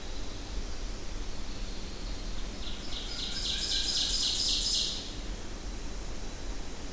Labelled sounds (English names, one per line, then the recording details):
Ovenbird song
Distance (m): 25 m
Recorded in boreal forest in Alberta, Canada, on 25 June 2016 at 07:40
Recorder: SongMeter 3, array SBT-6-76
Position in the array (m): 8 m, 116 m
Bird 2